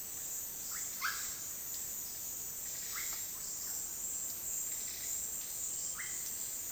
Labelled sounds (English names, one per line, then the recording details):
Russet-backed Oropendola
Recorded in dense forest near Puerto Asís, Putumayo, Colombia, on 19 February 2024 at 10:00
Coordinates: 0.466, -76.327
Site G6413